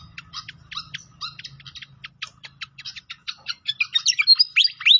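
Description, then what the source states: Pied fantail song opening with evenly spaced high ticks, then building into a burst of bright twisting whistles at the end; a faint low rumble early on. Training recording (masteran) of a clear-voiced pied fantail.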